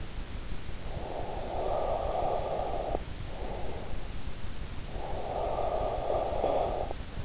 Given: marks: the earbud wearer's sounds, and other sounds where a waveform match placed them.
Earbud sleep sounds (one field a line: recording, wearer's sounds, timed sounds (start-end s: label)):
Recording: sounds in sleep by an in-ear microphone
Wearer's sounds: breath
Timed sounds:
0.65-4.26 s: breath
4.71-7.25 s: breath